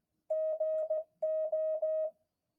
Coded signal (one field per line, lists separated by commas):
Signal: Morse code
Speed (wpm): 16 wpm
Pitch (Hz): 630 Hz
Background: none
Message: GO